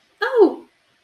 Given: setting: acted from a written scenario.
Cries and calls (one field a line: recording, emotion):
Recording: vocal sound without words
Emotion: elation